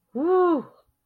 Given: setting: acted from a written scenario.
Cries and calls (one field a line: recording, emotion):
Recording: vocal sound without words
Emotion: relief